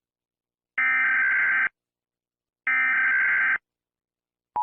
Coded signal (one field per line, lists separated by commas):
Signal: Emergency Alert System (SAME) tones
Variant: header bursts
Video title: EAS scenario: earth falls to the sun